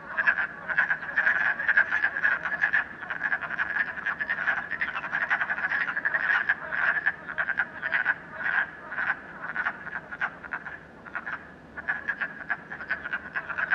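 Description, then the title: Chorus of frogs, rattly pulsed croaks running on continuously, rising and falling in intensity with short lulls. Frogs in a puddle at night in Canada, recorded during COVID-19. "Frogs, Night, Train, Canada"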